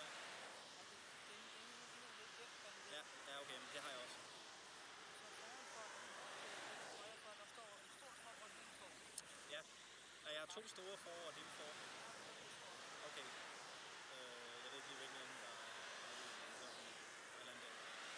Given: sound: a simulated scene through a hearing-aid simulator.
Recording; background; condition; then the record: conversation; traffic; -4 dB SNR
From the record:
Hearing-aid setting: II (fast-acting compression, audibility-based gain, advanced features for about 2.5 dB of SNR improvement); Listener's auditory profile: A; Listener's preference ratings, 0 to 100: 51, 41, 33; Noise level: 75 dB SPL